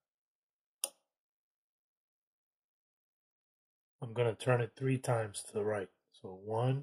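An M3 x 20 mm screw, dropped into the threaded part of a dual Z belt mod on an Ender 3 V2 3D printer, is backed out until its thread start drops into engagement with a single sharp click at 0.8 s. Silence follows, then from about 4.0 s someone talks. The screw thread is seated and ready to be screwed in.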